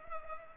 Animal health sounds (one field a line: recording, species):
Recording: mosquito wingbeat signal from an infrared sensor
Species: Culex pipiens